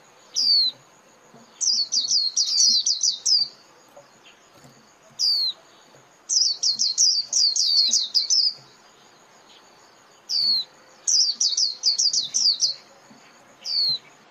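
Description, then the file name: White-eye calls: one sharp downslurred note, then a fast burst of high chirps, the pattern repeating about every five seconds. Lure call (mồi) used for trapping. "Tieng khuyen moi"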